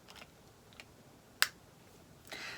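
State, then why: Seated. A small plastic applicator is slid back into its slot in a cosmetic compact, so it stays with the compact. A few faint ticks come first, then a sharp, bright snap at 1.4 s as it seats in place, followed by a brief soft rustle near the end.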